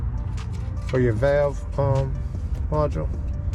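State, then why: Not seated. A dummy plug from a Z Automotive exhaust valve delete kit is handled at the active exhaust valve wiring connector under a Hellcat while someone talks over a steady low hum. Nothing has seated or clicked yet in this clip.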